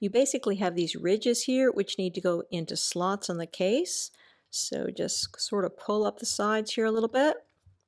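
Someone talks while the sides of a RHINOSHIELD Mod NX plastic bumper case are pulled up so its ridges can go into slots on the case before it is pressed onto an iPhone 15 Pro smartphone. Nothing has seated or clicked yet by the end of the clip.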